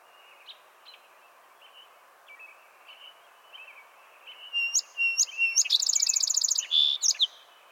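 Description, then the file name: Song sparrow song near the end: crisp opening notes building into a rapid trill and a few closing notes, preceded by faint, scattered chirps. "Melospiza melodia - Song Sparrow"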